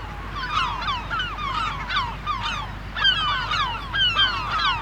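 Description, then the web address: Gulls giving loud, falling screams in bursts, several birds overlapping, with a low steady rumble underneath. Screaming gulls in the dunes. "KMP Film Video Sound Effects - Krijsende Meeuwen In De Duinen"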